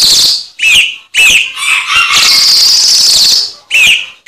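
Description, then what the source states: Cucak cungkok song: short, sharply rising whistled notes in quick succession, broken by one long harsh, hissing chatter burst. Recording intended as masteran, a tutor song for training cage birds.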